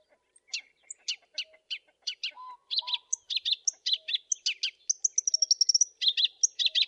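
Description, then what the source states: Black-browed reed warbler song opening with spaced sharp ticks and a few lower notes, then speeding into a scratchy jumble with a thin, high trill. Masteran training recording of song, made for teaching captive songbirds.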